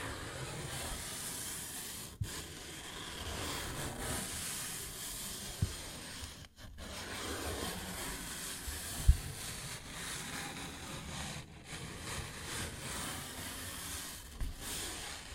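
A paper bag is scratched and rubbed in a steady, dense rustle that runs nearly the whole time. The scraping breaks off briefly a few times, around two, six and a half, and eleven seconds. Sharp single taps land near five and a half and nine seconds.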